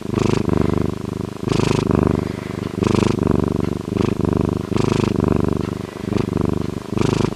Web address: Bobcat Purring